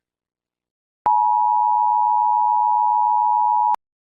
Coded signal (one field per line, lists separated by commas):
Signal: Emergency Alert System (SAME) tones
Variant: 853 and 960 Hz attention tone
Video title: CONE OF DEATH - EAS MOCK